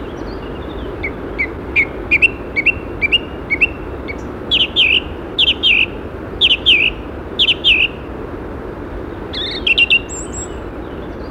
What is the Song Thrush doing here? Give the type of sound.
song